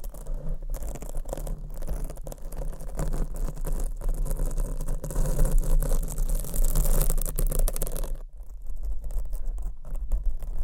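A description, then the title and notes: Long nails scratch directly on a microphone in a dense, continuous rasp, close and bright, with a steady low hum underneath. The scratching swells louder around five to eight seconds, then cuts back abruptly near eight seconds before resuming in quicker, lighter strokes. ASMR Mic Scratching - Brain Scratching Hypnotic Asmr No Talking for Sleep with Long Nails.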